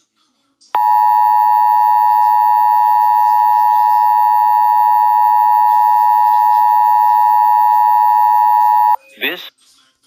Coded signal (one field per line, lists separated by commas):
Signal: Emergency Alert System (SAME) tones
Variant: 853 and 960 Hz attention tone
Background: speech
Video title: EAS Mock: Tornado Warning Intyrupts 1 episode of news